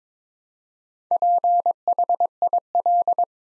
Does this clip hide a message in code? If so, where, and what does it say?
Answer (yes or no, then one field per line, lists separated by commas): yes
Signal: Morse code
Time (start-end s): 1.1-3.2 s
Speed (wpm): 22 wpm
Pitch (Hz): 700 Hz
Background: none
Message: PHIL